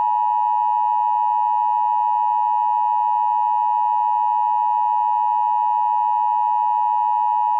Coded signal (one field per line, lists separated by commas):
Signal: Emergency Alert System (SAME) tones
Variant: 853 and 960 Hz attention tone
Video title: EAS Scenario - Counter Strike : Global Offensive